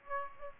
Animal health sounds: mosquito wingbeat signal from an infrared sensor; Aedes aegypti

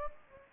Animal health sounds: mosquito wingbeat signal from an infrared sensor; Anopheles gambiae

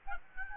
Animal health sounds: mosquito wingbeat signal from an infrared sensor; Aedes albopictus

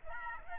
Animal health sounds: mosquito wingbeat signal from an infrared sensor; Aedes albopictus

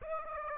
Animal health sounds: mosquito wingbeat signal from an infrared sensor; Aedes aegypti

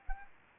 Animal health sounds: mosquito wingbeat signal from an infrared sensor; Anopheles arabiensis

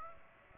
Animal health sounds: mosquito wingbeat signal from an infrared sensor; Aedes aegypti

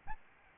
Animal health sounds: mosquito wingbeat signal from an infrared sensor; Aedes albopictus

